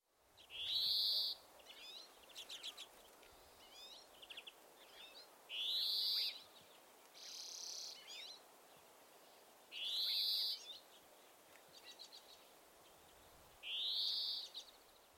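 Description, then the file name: European greenfinch giving long, buzzy, wheezing notes about every four seconds, with softer twittering notes and chirps in between. "Chloris chloris"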